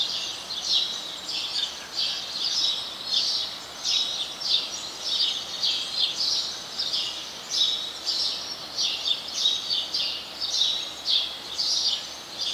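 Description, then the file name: House sparrow chirping continuously, quick bright notes over a constant hiss. "Passer domesticus"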